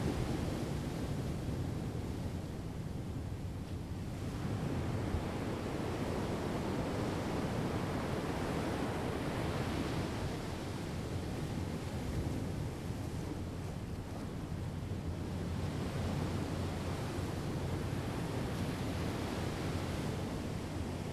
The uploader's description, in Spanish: Música inspirada y creada con los sonidos del mar en Punta de Couso, gongs, carrillón, cuencos y voz.